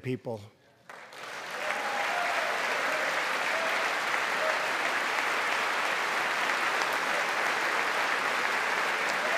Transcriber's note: applause